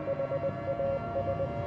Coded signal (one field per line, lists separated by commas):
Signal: Morse code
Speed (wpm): 20 wpm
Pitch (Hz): 550 Hz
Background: none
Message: HAS